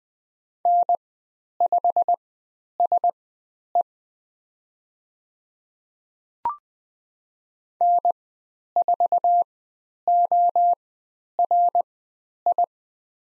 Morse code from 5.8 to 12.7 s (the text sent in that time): N4ORI